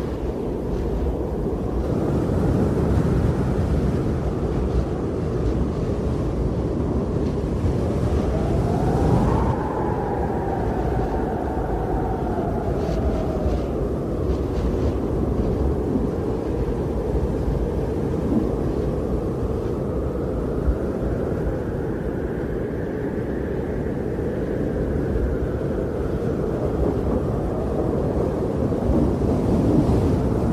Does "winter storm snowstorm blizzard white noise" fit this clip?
yes